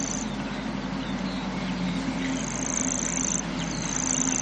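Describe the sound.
Grasshopper warbler giving a high, dry, mechanical reel, broken by gaps, over a steady low rumble.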